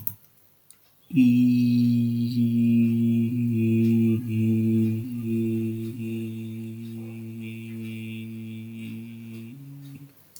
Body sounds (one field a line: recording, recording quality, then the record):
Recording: sustained vowel as in beet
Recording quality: excellent, no background noise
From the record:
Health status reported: healthy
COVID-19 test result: not tested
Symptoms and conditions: none ticked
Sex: male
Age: 24 years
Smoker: not ticked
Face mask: not worn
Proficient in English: yes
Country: India